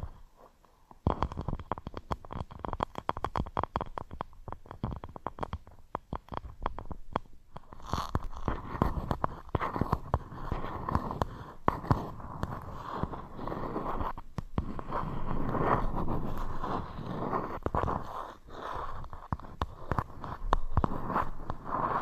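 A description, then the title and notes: Rapid tapping starts after a second, then gives way around eight seconds to dense, steady scratching with brief pauses. TimASMR-Scratching & Tapping Triggers. (NO TALKING).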